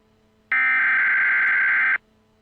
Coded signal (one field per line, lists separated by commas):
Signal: Emergency Alert System (SAME) tones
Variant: header bursts